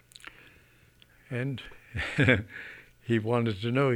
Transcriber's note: he laughs